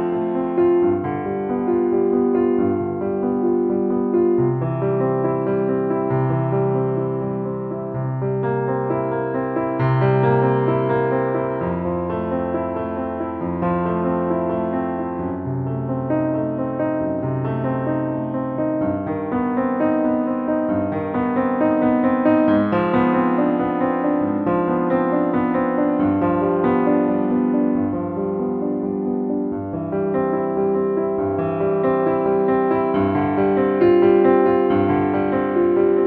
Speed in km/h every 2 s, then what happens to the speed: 52, 53, 55, 56, 56, 56, 56, 60, 60, 61, 63, 64, 68, 68, 69, 68, 68, 68.
0-17 steady at about 56. 17-24 speeds up to 68. 24-36 steady at about 68.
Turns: none.